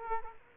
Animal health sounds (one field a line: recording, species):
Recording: mosquito wingbeat signal from an infrared sensor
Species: Culex quinquefasciatus